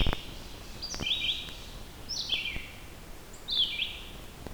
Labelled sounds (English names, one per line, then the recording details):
Red-eyed Vireo song
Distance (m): 35 m
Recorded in boreal forest in Alberta, Canada, on 14 June 2016 at 06:44
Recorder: SongMeter 3, array SBT-3-33
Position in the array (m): 142 m, 181 m